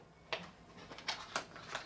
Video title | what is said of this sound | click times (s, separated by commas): YesWelder Helmet Battery Replacement Guide | so grab it like that guys and just push it in like so and you'll hear it click | 0.3 s